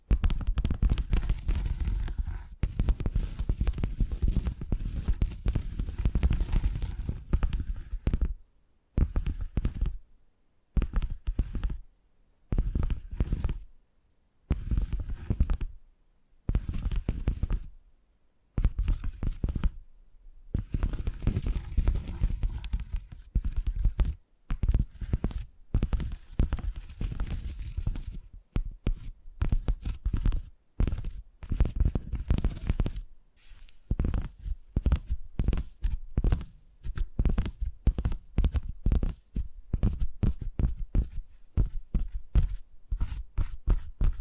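Tapping sounds, low and thumpy, start as a dense run, break into spaced bursts with silent gaps mid-clip, then resume as quick continuous tapping.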